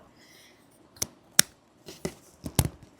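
A stiff, brand-new snap cap is pulled off the body of a Lamy 2000 fountain pen with an oblique medium nib, resisting because the pen is very new. After a light tick at 1.0 s, the cap releases with a sharp pop at 1.4 s. Softer clicks and knocks follow around 2.0 to 2.7 s.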